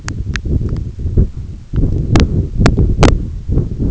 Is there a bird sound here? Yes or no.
no